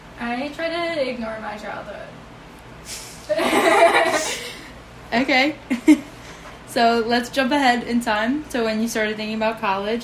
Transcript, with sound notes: I try to ignore my childhood.
[More laughter] Okay! Let's jump ahead in time to when you started thinking about college.